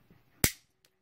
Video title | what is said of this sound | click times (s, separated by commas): Cyberverse Deluxe Shockwave - ArcNeo Reviews | fold down the chest piece and that will click into place really tight | 0.4 s